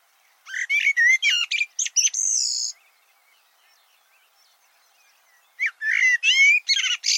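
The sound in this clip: Bird song of quick chirps and whistles ending in a drawn-out high note, then nearly three seconds of quiet before another lively burst.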